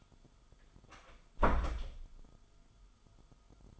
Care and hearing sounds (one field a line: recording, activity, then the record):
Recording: daily activity, microphone in the room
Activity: close door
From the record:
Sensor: 5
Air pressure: 1005.0 hPa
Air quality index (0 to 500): 99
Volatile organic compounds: 2 ppm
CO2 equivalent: 1207 ppm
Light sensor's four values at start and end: 34/78/31/30 and 34/79/31/30